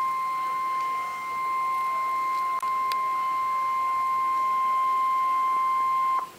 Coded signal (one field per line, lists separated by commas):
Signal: Emergency Alert System (SAME) tones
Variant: 1050 Hz attention tone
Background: speech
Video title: EAS #81 - Severe Thunderstorm Warning (Live Stream) 10-4-2013